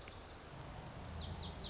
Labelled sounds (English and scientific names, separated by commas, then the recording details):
Lazuli Bunting (Passerina amoena)
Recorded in Sonoma County, California